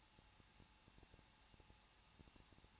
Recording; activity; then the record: daily activity, microphone in the room; no activity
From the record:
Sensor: 1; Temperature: 20.1 degrees Celsius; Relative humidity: 39.1%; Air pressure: 1006.3 hPa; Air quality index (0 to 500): 217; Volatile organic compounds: 75 ppm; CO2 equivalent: 3564 ppm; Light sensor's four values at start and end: 1/2/1/1 and 1/2/1/1